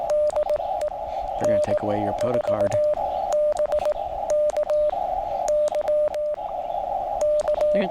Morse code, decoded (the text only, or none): DE N4BKY K